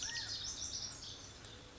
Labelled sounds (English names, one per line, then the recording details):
Pacific Wren
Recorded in Sonoma County, California